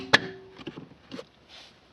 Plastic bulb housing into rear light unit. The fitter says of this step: all the way in until it clicks